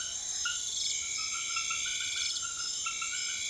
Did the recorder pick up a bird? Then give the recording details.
no. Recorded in secondary vegetation near Puerto Asís, Putumayo, Colombia, on 4 March 2025 at 01:00. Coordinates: 0.500, -76.326. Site GP04